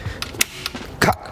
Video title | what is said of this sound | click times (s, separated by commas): Lankeleisi GOLF-X 低跨「折疊」胖胎車｜GOLF-X Folding E-Bike Unboxing & First Impressions!! | Did you hear it? That click means it's locked in place. | 0.4 s, 1.0 s